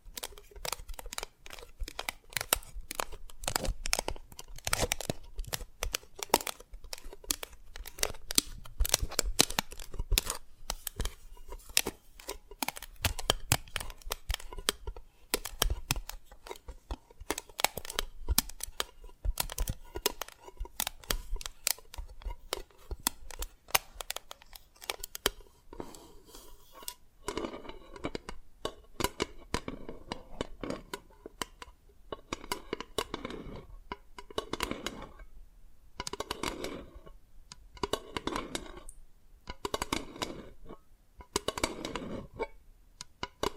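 Dalgona candy is tapped and cracked in rapid, dense clicks and snaps for the first twenty-five seconds or so. After that the sound thins into separate, rhythmic bursts of scraping and crackling, roughly one every second or two, with brief quiet gaps between them.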